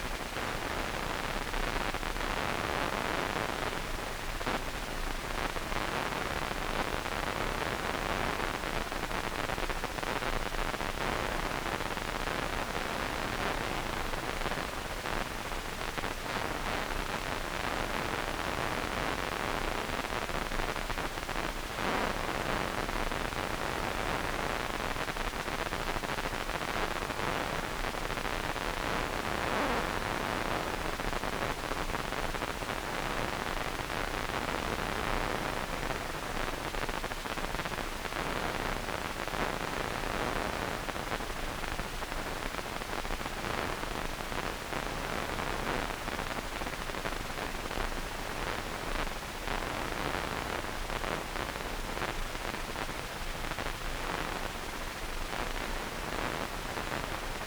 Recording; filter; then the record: brain microelectrode recording played as sound; wide band, above 20 Hz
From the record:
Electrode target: subthalamic nucleus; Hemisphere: right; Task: reaching with the left hand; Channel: 2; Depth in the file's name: 1.506 mm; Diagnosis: Parkinson's disease